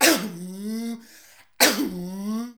Cough.